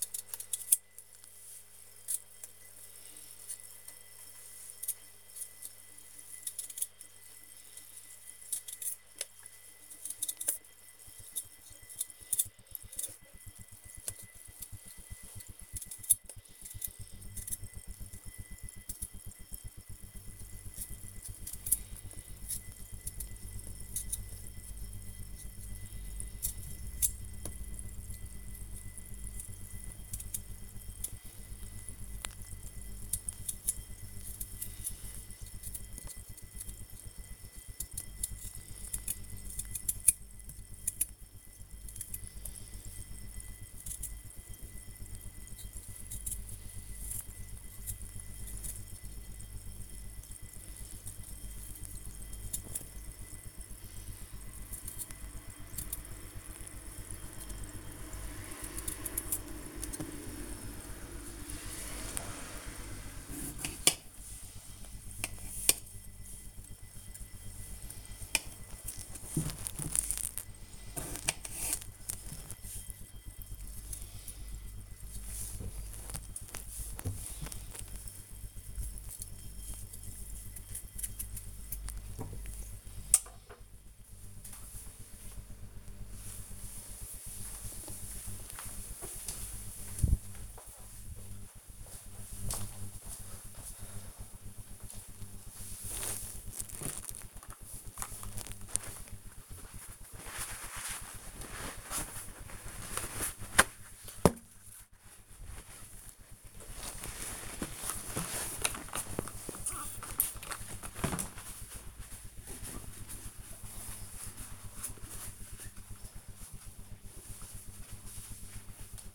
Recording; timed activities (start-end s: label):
household activities, microphone on the right wrist
0.00-82.85 s: cutting vegetables
95.95-119.15 s: window cleaning